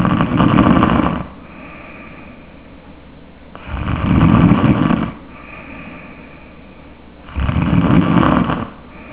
Tongue base snoring.